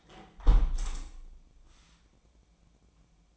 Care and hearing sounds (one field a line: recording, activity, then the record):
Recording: daily activity, microphone in the room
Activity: close window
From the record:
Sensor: 1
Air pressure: 1012.4 hPa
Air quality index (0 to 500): 169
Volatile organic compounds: 3 ppm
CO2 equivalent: 1381 ppm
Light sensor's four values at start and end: 142/320/141/148 and 149/334/148/155